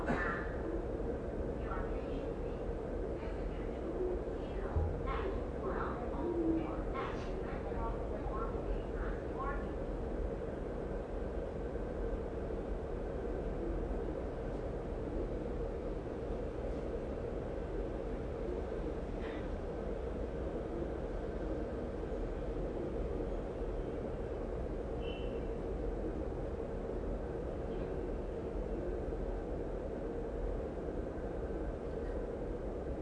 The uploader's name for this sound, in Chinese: 台鐵北車（台北車站站）